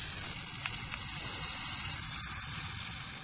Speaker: Yipes! The hiss of a burrowing owl sounds just like a dangerous rattlesnake, which is a great way to scare off potential predators.